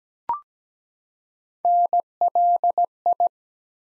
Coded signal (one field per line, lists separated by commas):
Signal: Morse code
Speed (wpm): 17 wpm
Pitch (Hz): 700 Hz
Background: none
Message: NLI